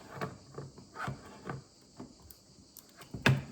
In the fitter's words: Voilà, ça a fait clic.